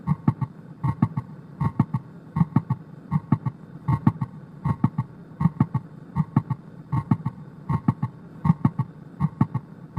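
Simulated heart sounds at about 79 beats a minute, regular, each cycle holding a cluster of short sharp sounds with an extra crisp click between the first and second heart sounds. This is a midsystolic click, typical of mitral valve prolapse.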